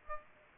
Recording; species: mosquito wingbeat signal from an infrared sensor; Aedes aegypti